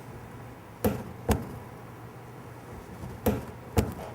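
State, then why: Torque reached. A click-type torque wrench is pulled on a torque tester several times until it breaks over, giving short, sharp clicks at 0.8, 1.3 and 3.3 seconds, with another similar click near 3.8 seconds, over a low, steady background hum. Each click means the wrench has reached its 250 setting, and the tester display then reads about 246.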